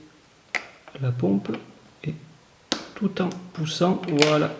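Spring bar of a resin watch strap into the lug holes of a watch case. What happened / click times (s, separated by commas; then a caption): The watch strap spring bar clicked into the lug hole / 0.6 s. A Casio SGW500H watch is having its resin strap fitted: the strap's spring bar is lowered into position and pushed into the lug holes of the watch case. A short, sharp click at 0.6 s marks the spring bar seating, confirming the strap is in place. Someone talks throughout.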